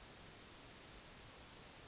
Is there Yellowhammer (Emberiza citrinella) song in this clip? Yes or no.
no